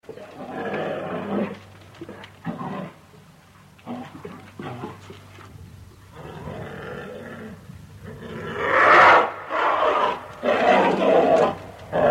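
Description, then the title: Cow mooing in rough, hoarse bursts of varying length, with short pauses, growing louder toward the end. "Sapi"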